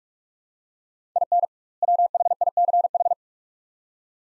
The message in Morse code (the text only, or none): IN WHICH